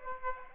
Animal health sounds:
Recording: mosquito wingbeat signal from an infrared sensor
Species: Aedes aegypti

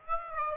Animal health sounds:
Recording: mosquito wingbeat signal from an infrared sensor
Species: Aedes aegypti

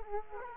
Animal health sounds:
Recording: mosquito wingbeat signal from an infrared sensor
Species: Culex quinquefasciatus

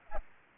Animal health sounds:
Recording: mosquito wingbeat signal from an infrared sensor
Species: Aedes aegypti

